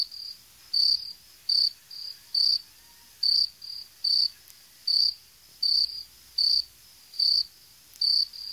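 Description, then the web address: Insect chirping: short, high, clear chirps repeated steadily, with quiet pauses between them. "animali insetti insetti insect"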